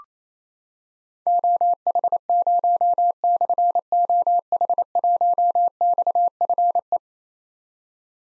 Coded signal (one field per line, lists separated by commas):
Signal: Morse code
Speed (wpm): 27 wpm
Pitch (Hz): 700 Hz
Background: none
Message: OH0/OH1XFE